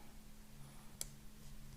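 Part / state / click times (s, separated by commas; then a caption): display cable connector into laptop logic board socket / seated / 1.0 s. A MacBook Air screen's display cable connector is lined up over its socket on the laptop's logic board and pressed down. A single sharp click at 1.0 s rises above a quiet, steady low hum. The connector is seated.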